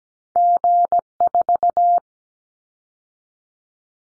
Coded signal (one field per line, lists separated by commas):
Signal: Morse code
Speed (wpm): 17 wpm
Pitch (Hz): 700 Hz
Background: none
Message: G4